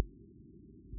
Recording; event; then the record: neck accelerometer signal played as sound; no cough (speech, laughter, throat clearing or background)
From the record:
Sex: female